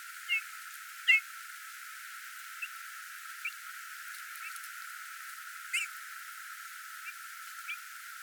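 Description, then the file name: Eurasian bullfinch giving two clear, slurred piping whistles early on, followed by several fainter, scattered soft notes against quiet hiss. "Domherre"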